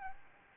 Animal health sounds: mosquito wingbeat signal from an infrared sensor; Aedes albopictus

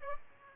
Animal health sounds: mosquito wingbeat signal from an infrared sensor; Aedes aegypti

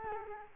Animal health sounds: mosquito wingbeat signal from an infrared sensor; Culex quinquefasciatus

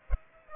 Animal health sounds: mosquito wingbeat signal from an infrared sensor; Aedes aegypti

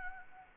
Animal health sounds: mosquito wingbeat signal from an infrared sensor; Anopheles gambiae

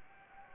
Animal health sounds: mosquito wingbeat signal from an infrared sensor; Anopheles gambiae

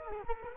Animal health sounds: mosquito wingbeat signal from an infrared sensor; Culex quinquefasciatus

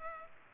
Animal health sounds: mosquito wingbeat signal from an infrared sensor; Culex pipiens

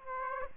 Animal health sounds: mosquito wingbeat signal from an infrared sensor; Aedes aegypti

